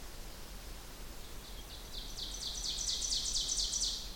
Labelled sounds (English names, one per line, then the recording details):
Ovenbird song
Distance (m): 40 m
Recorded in boreal forest in Alberta, Canada, on 16 June 2016 at 07:07
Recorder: SongMeter 3, array SBT-3-32
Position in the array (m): 177 m, 26 m
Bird 36